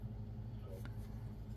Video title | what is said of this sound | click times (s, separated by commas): Walmart - Crochet Kit - Parker the Pizza - How to | Just slip on that and make sure it clicks. | 0.8 s